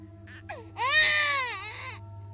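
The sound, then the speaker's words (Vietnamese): A faint, distant baby cry at night: two brief whimpers, then a long wavering wail that rises and falls in pitch, over a steady low hum. “"Này, mày có nghe tiếng khóc ở đâu không?"”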